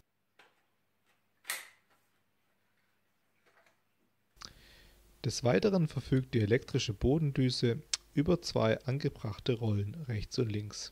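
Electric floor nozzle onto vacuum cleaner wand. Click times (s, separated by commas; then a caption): 1.5 s. An electric floor nozzle is attached to the wand of a CLEANmaxx cordless bagless cyclone vacuum cleaner and latches by a simple snap mechanism. A faint tick is heard at 0.4 s, then a sharp click at 1.5 s as the nozzle seats, followed by quiet handling noises before someone starts talking from about 4.4 s onward.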